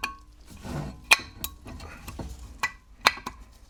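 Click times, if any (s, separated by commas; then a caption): none. The outer brake pad, the one without the wear-sensor connection, is handled at the brake caliper of an Audi A6 C6 4F 3.0 TDI during a front brake job. Short metallic clinks and taps sound at about 0.0, 1.4, 2.6 and 3.1 seconds over low background noise. The pad has not seated or clicked home into the caliper yet.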